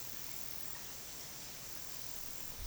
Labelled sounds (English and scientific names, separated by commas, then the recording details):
none
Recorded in pastures near Puerto Asís, Putumayo, Colombia, on 19 February 2024 at 13:30
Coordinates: 0.468, -76.328
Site G6414